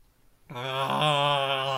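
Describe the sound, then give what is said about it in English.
After a brief silence, a voice imitates a Chewbacca roar: one loud, sustained, buzzy howl rich in harmonics, holding steady for over a second with a slight wobble in pitch. “do your best Chewbacca roar.”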